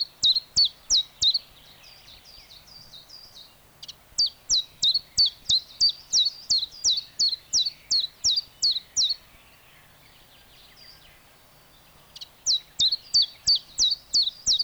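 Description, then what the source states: Common Chiffchaff song: high, sharp chiff-chaff notes repeated in long runs, pausing twice, with softer notes between runs. Field recording by Sten Wahlström, Sweden, on the Sveriges Ornitologiska Förening cassette Fåglar I Vår Närhet; Swedish name gransångare.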